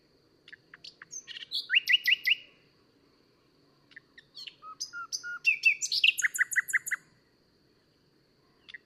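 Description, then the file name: Common nightingale song: two rich phrases of varied whistles and chirps, each building to a fast run of repeated, evenly spaced notes, separated by a pause of silence. "Luscinia megarhynchos"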